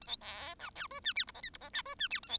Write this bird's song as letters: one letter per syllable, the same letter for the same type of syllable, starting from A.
A B C D E F G H I J K I J G F G H A B